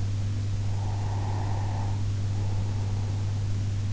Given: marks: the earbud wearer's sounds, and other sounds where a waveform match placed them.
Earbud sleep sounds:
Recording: sounds in sleep by an in-ear microphone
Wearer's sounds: breath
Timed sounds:
0.91-3.57 s: breath

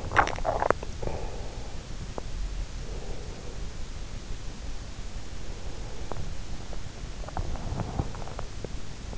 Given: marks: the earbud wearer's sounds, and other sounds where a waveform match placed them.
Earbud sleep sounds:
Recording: sounds in sleep by an in-ear microphone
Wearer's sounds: swallowing, breath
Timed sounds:
0.00-0.94 s: swallowing
0.94-1.85 s: breath
2.83-3.90 s: breath
5.17-8.35 s: breath

